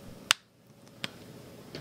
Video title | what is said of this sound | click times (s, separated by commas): HRN 509: Repeater Pest Gets No Contact Order [EXPLICIT LANGUAGE] | Yeah. I heard it twice. Yeah. Oh, it stays in there now? Yeah, it stays in well. | 0.3 s